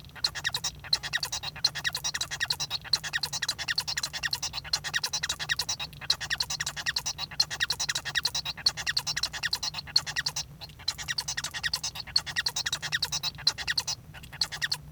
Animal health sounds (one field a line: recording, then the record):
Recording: song of a male Bengalese finch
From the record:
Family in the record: son of father 1